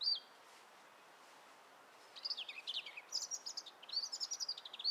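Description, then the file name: European robin song: after a brief high note and a pause, a fast, tumbling warble of high, thin notes rising and falling. "Erithacus rubecula"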